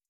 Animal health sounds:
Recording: hydrophone in a shrimp aquaculture tank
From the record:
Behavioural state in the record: starved

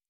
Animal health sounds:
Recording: hydrophone in a shrimp aquaculture tank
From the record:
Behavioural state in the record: normal

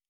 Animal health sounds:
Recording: hydrophone in a shrimp aquaculture tank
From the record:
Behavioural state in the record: normal

